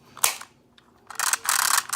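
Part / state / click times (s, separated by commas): plastic toy attachment onto the toy vehicle's top / seated / 0.2 s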